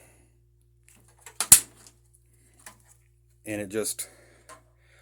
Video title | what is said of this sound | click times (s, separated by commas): Thermaltake Versa H22 Full Review | And it just snaps in here. | 1.4 s, 1.5 s